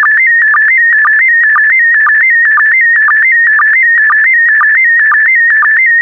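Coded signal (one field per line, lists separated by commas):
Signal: SSTV (slow-scan television)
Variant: PD120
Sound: warbling tone shifting between pitches, with short low sync chirps repeating about twice a second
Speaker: complete. You can now check your decoded image against the picture that is shown on the video.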